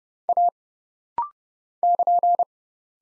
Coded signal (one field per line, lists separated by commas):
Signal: Morse code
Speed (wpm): 30 wpm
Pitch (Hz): 700 Hz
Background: none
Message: A <KN>